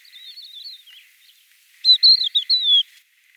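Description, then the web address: Crested lark call: a faint, wavering whistled phrase, then after a pause a louder run of liquid, slurred whistles falling slightly at the end. "galerida cristata call"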